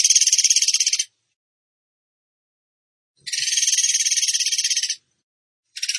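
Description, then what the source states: Bird song: harsh, rapidly pulsed trills in bursts of one to two seconds, broken by silent pauses. Masteran training recording of a gacor bird singing in tembakan style.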